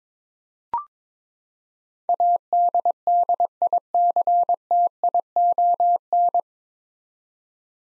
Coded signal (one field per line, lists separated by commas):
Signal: Morse code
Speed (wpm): 22 wpm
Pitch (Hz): 700 Hz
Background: none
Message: ADDICTION